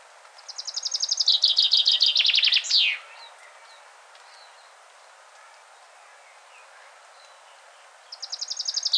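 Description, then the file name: Common chaffinch song: a bright rattling trill of repeated notes that drops in pitch, ending in a sharp downslurred flourish; a few faint chirps between, and another song begins near the end. "Fringilla coelebs"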